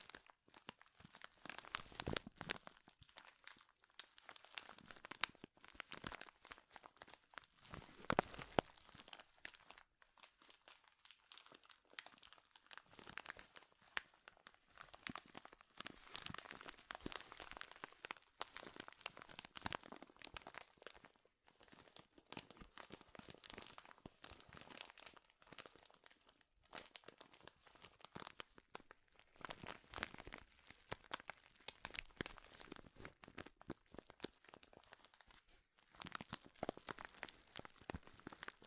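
Loud crinkling, like plastic or foil being crushed and worked, runs for the whole stretch in dense, irregular bursts. The crackles are sharp and bright, with short pauses and quieter moments scattered throughout, and occasional harder crunches and tearing sounds.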